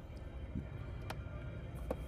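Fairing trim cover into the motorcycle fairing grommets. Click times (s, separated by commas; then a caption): 1.1 s, 1.9 s. A rubber-mounted trim cover is pushed by hand onto the fairing of a 2024 Harley-Davidson Road Glide, its three pegs going into the fairing grommets. Two short, sharp pops at 1.1 s and 1.9 s stand out over a steady low background rumble. The trim cover is seated.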